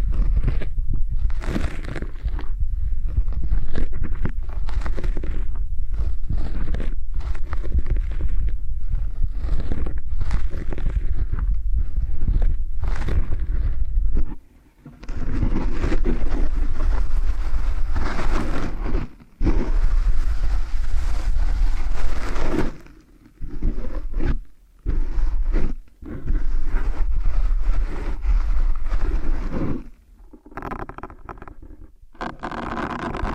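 Close-miked ear cleaning with kinetic sand: dense crunching and scraping, bursts of pressing and squishing broken by brief silences, especially around 14–30 seconds.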